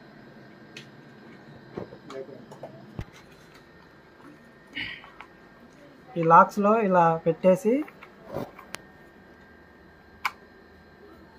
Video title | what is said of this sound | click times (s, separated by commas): WALL CUTTING / SELF - PRIMING FILRAT ING ANTI DUST/POISION MASK | తిప్పుకుంటే lock అయిపోయింది same | 10.3 s